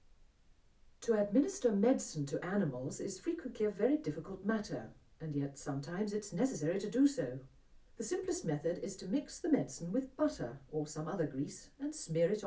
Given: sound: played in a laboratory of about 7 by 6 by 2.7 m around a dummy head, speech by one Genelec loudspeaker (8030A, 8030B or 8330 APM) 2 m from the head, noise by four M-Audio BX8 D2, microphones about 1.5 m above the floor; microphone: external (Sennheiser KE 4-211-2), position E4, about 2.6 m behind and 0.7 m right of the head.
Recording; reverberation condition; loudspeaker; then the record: female speech in English; low; in front (0 degrees)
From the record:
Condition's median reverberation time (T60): about 310 ms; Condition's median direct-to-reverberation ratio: about 3.5 dB